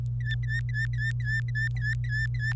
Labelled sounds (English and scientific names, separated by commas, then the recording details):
Domestic Canary (Serinus canaria) song
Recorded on 26 April 2018 at 12:23
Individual llb3